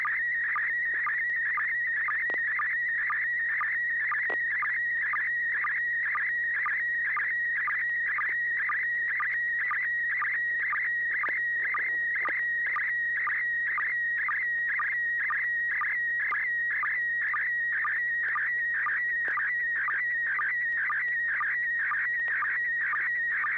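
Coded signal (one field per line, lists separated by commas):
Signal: SSTV (slow-scan television)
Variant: PD120 mode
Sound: warbling, buzzy tone with rapid regular ticks about twice a second, throughout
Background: low hum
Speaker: uh yeah I think I am uh this will be pd120 thanks Bill here we go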